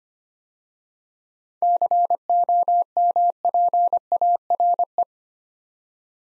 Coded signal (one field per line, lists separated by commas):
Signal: Morse code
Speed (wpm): 25 wpm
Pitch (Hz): 700 Hz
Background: none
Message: COMPARE